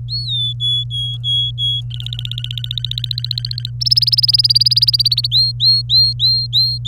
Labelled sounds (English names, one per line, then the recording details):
Domestic Canary song
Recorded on 24 April 2018 at 10:17
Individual llb3